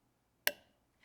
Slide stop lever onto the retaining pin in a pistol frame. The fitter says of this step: there's that little click right there so that click you heard was the slide stop